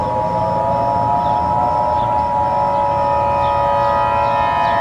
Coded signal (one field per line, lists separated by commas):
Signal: Emergency Alert System (SAME) tones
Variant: 853 and 960 Hz attention tone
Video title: EAS Scenario #2: The Christmas Disaster